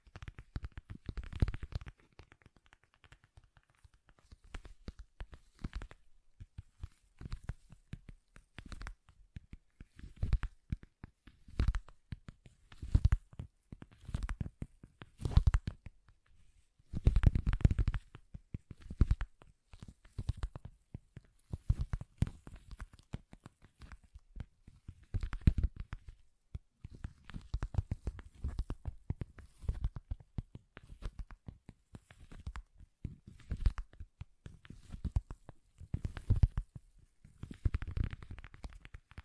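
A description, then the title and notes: Soft, bassy tapping runs through the whole 39 seconds in uneven bursts, with clusters of quick taps separated by brief pauses. Each tap has a dull, low thump and a light papery edge, and a few heavier bursts stand out around the middle. ASMR Bassy and Soft Tapping Sounds.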